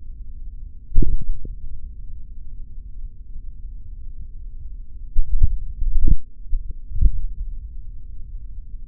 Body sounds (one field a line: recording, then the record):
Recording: forearm muscle sounds (acoustic myography)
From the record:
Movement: tripod grip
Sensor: system 3, bracelet of six PUI Audio POM-2738L microphones around the upper forearm, with dedicated amplification and filtering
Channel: 4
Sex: male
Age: 26 years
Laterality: right